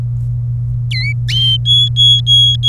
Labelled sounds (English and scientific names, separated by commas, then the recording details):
Domestic Canary (Serinus canaria) song
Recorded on 27 April 2018 at 14:14
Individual llb3